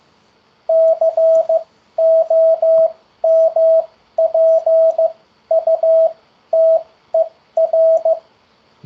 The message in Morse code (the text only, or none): COMPUTER